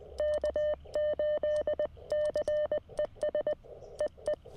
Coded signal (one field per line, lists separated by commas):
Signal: Morse code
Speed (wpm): 20 wpm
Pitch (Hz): 590 Hz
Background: none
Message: K8CES EE